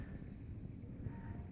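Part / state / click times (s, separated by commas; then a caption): RJ45 cable plug and port lock blocker / not seated / none. The other side of a plastic Leviton secure port lock blocker is picked up and lined up with an RJ45 network cable plug. Only a steady low, rumbling background noise is heard, with no sudden sounds. Nothing has seated or clicked yet.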